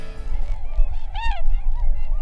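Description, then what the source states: Tundra swan giving a few hooting calls, one clearer bugling note near the middle, over a strong low rumble. Several tundra swans; recorded 26 January 2016.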